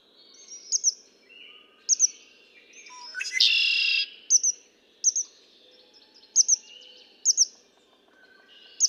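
Red-winged blackbird song: one harsh, buzzy trill bursts out midway, while short high chirps repeat about once a second from start to finish.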